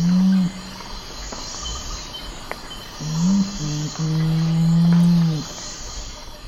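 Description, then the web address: Nocturnal curassow uttering deep humming notes: a short boom, a pause, then a stuttering pair of low notes leading into a long, steady booming note. Ecuador. "Birds of Ecuador. Nocturnal Curassow"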